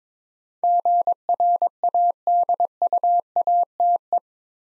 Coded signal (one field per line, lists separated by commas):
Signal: Morse code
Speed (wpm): 23 wpm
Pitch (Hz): 700 Hz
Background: none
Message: GRADUATE